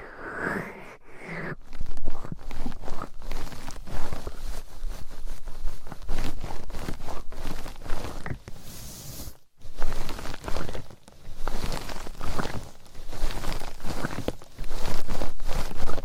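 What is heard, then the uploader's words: Long nails scratch and tap on a bejeweled binaural mic, making a dense, crackly rustle broken by quick, irregular clicks and taps. The scratching stays busy and bright throughout, with a brief near-silent pause around the middle before it resumes just as thickly. ASMR Binaural Mic Scratching , Tapping & Massage BEJEWELED MIC & Long Nails No Talking.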